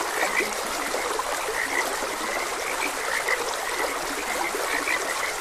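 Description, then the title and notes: Frogs calling with quick clipped croaks at uneven intervals, partly masked by a continuous trickling stream. Frogs croaking beside a gentle stream. "Gentle Stream and Frogs Croaking. Sleep and Relaxation Podcast"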